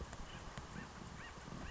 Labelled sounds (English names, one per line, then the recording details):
Acorn Woodpecker
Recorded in Sonoma County, California